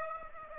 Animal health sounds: mosquito wingbeat signal from an infrared sensor; Aedes aegypti

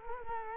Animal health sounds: mosquito wingbeat signal from an infrared sensor; Culex quinquefasciatus

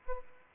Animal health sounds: mosquito wingbeat signal from an infrared sensor; Aedes aegypti

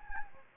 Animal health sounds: mosquito wingbeat signal from an infrared sensor; Anopheles gambiae

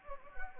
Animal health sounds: mosquito wingbeat signal from an infrared sensor; Anopheles gambiae

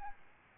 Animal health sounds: mosquito wingbeat signal from an infrared sensor; Aedes albopictus

